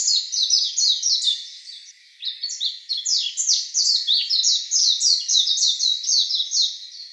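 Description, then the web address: Japanese white-eye giving a fast, continuous, high-pitched twittering song of tumbling chirps, with a brief dip partway through. "birdenaga mejiro"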